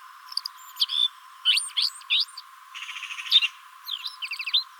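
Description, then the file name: Common blackbird: brief phrases of slurred, squeaky high twittering notes, with short pauses between them. "Turdus merula"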